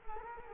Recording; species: mosquito wingbeat signal from an infrared sensor; Culex quinquefasciatus